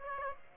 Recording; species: mosquito wingbeat signal from an infrared sensor; Aedes aegypti